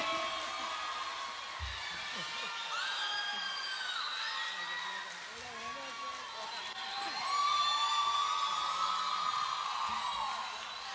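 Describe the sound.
A crowd cheers and screams continuously, many high-pitched voices overlapping in shrill whoops, with clapping beneath; the roar holds steady, dips briefly, then swells louder toward the end.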